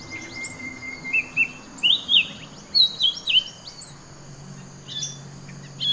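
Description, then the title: Bird chirping with a few slurred, rising-then-falling notes in a tight series, then softer scattered notes, over background hum and a thin high tone. "SuaraBurung Kicau"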